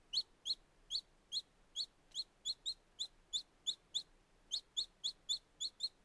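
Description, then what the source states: Chicks giving many sharp, high peeps in a steady, slightly uneven stream. Very young chicks.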